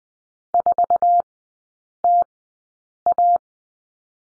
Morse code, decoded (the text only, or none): 4TA